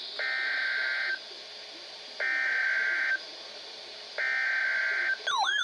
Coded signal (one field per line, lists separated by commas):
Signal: Emergency Alert System (SAME) tones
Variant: header bursts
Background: speech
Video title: TORNADO WARNING (EAS Alert #1058)